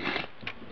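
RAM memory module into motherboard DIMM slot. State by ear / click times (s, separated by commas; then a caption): partly seated / 0.5 s. A RAM memory module is pressed hard into a motherboard DIMM slot, with a muffled scraping, crunching sound of plastic under pressure in the first quarter second. A short sharp click at 0.5 s marks one retention clip snapping shut. The module latches on one side only, so it is only partly seated.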